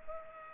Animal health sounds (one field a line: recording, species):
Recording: mosquito wingbeat signal from an infrared sensor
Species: Culex pipiens